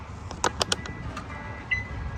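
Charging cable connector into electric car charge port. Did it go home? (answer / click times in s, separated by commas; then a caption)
yes / 0.5 s, 0.6 s, 0.7 s. A DC fast-charging plug on a charging cable is pushed into the charge port of a Cadillac Vistiq EV and latches, giving sharp clicks at 0.5, 0.6 and 0.7 s. A few fainter ticks follow over a low background rumble, and a brief high tone sounds near 1.7 s. The connector is seated in the port.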